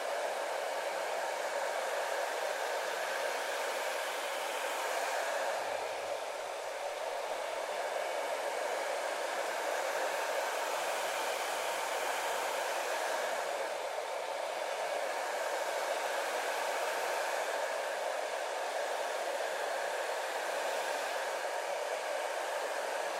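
A hair dryer blows without a break at a hairdresser's, a dense, steady roar that fills the mids and treble. Its pitch and loudness swell slightly every several seconds, around 6, 14 and 21 seconds, and a faint low hum appears briefly underneath.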